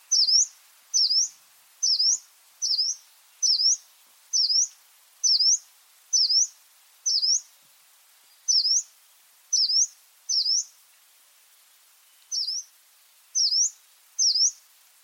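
Bird calling with high, sharp V-shaped chirps, each dipping then rising, repeated about once a second with a few longer pauses, in an otherwise quiet setting.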